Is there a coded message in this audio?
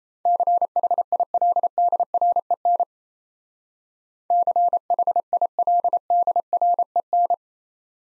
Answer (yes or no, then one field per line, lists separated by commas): yes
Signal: Morse code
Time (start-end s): 0.3-7.3 s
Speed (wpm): 34 wpm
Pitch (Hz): 700 Hz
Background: none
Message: CHILDREN CHILDREN